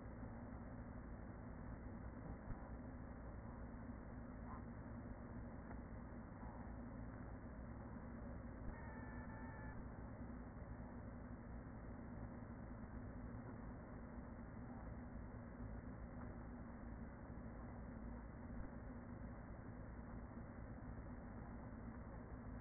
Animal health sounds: honeybee colony, microphone inside the hive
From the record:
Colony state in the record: queen present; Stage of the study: after two queens were removed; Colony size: about 40,000 bees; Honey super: no

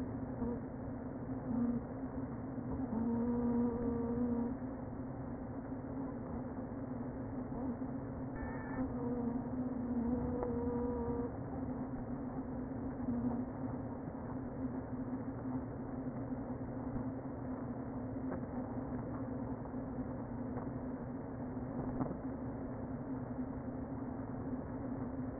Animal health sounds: honeybee colony, microphone inside the hive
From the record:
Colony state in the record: queen present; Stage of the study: before two queens were removed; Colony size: about 60,000 bees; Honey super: yes

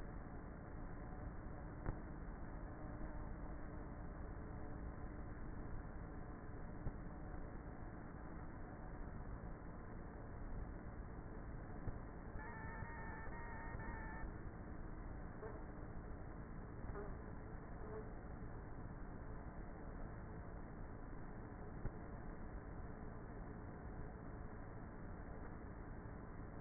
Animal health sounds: honeybee colony, microphone inside the hive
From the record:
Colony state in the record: queenless with a low population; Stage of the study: before two queens were removed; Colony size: about 30,000 bees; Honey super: no

